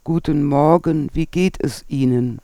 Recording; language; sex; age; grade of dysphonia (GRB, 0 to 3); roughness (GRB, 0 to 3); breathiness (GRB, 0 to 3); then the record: spoken sentence; German; female; 60 to 69 years; 2; 2; 1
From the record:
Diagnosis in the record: Reinke's edema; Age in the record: 62 years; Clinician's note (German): Mäßige Form